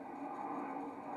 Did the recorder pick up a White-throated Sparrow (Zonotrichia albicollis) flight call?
no